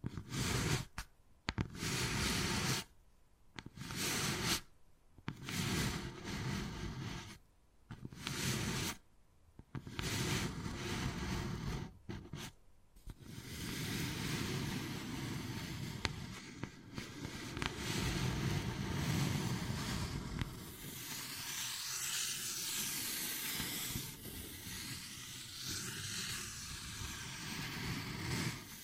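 Wood carving with choppy bursts of scraping and tapping broken by short silences for thirteen seconds, then a continuous rough, rumbling scrape.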